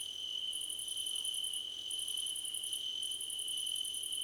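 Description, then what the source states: Crickets trilling in chorus, a steady high tone with bursts of very fast pulsed chirps starting and stopping every second or so. Several crickets chirping together, described as a choir competition.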